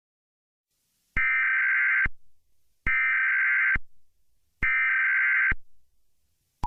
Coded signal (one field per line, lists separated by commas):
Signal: Emergency Alert System (SAME) tones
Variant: header bursts